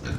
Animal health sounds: pig call; growing-finishing pig (85 days or more)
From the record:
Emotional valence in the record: positive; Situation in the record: run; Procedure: transit

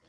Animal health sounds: pig call; piglet (1 to 25 days)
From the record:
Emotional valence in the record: positive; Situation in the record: short reunion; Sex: female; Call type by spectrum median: low-frequency call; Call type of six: low-frequency tonal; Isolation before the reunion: 3 minutes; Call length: 0.09 s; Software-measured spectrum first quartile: 377 Hz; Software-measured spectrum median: 1232 Hz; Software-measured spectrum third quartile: 4009 Hz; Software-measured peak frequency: 493 Hz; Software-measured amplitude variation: 43 dB a second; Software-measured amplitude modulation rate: 11.4 a second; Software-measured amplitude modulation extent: 3.8 dB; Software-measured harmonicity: 0.4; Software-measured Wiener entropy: -1.44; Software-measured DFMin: 1355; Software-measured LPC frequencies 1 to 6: 535, 1869, 3329, 4437, 5286, 5950 Hz

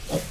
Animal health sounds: pig call; piglet (1 to 25 days)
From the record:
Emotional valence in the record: positive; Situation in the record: reunion after long isolation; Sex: male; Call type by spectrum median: low-frequency call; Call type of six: low-frequency tonal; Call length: 0.31 s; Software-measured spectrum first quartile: 332 Hz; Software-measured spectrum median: 853 Hz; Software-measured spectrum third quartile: 5543 Hz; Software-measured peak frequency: 541 Hz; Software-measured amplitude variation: 136 dB a second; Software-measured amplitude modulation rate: 17.9 a second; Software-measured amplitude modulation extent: 7.6 dB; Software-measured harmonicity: 0.2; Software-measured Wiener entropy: -1.94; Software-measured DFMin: 821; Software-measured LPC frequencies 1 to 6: 543, 2012, 2601, 3368, 4297, 4931 Hz

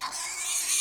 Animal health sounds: pig call; weaner (32 to 43 days)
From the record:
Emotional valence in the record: negative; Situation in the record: restrain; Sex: male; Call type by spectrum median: high-frequency call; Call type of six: high-frequency stable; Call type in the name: high-frequency stable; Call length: 0.82 s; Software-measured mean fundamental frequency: 284 Hz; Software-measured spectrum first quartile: 4160 Hz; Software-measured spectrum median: 6609 Hz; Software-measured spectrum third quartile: 8502 Hz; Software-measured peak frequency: 1035 Hz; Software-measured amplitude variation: 85 dB a second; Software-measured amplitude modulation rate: 20.8 a second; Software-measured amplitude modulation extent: 4.1 dB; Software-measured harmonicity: 0.0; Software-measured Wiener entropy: -1.47

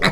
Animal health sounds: pig call; piglet (1 to 25 days)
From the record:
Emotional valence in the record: positive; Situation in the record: reunion after long isolation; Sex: male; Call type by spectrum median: low-frequency call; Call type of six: low-frequency tonal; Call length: 0.12 s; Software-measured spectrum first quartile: 422 Hz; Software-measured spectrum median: 1354 Hz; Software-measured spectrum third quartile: 2533 Hz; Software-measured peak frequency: 171 Hz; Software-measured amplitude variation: 142 dB a second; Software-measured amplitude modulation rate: 4.1 a second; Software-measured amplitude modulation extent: 34.9 dB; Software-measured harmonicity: 0.2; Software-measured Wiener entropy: -1.46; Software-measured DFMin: 584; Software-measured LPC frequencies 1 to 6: 500, 1267, 1944, 3971, 7395, 8003 Hz

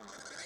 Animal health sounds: pig call; piglet (1 to 25 days)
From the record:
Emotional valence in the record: negative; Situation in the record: short isolation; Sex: female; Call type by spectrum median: high-frequency call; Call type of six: mixed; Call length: 0.46 s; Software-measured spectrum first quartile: 1220 Hz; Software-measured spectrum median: 2832 Hz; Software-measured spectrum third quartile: 5683 Hz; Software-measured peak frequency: 1607 Hz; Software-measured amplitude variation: 116 dB a second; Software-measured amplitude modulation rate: 23.7 a second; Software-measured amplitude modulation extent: 4.9 dB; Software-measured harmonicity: -0.2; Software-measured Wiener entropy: -1.61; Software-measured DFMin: 985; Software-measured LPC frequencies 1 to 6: 697, 1507, 2071, 3507, 4287, 5039 Hz

